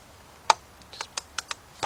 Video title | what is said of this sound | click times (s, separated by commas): Chrysler 300 Town Country Dodge Charger Caravan Jeep Cherokee Wrangler Ram 1500 Rocker Arms Part 4 | this is the side that went inside there just pops | 0.5 s